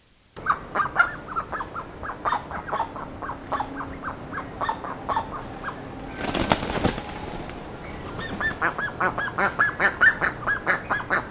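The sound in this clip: Bird giving a dense run of short honking calls, repeating rapidly, broken by a brief loud rushing burst midway before the honking resumes.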